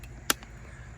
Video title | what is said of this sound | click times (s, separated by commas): Tactacam Reveal X Pro Review. #tactacam #tactacamreveal #trailcameras | There it clicked. | 0.3 s